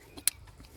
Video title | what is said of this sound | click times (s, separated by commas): how to install throttle body 08 freelander 2 | sure that the connectors should be, you can hear click. | 0.3 s